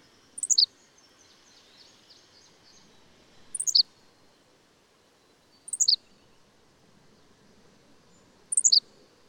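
Bird song: four brief high twittering phrases that slide down in pitch, coming a few seconds apart over a faint steady hiss.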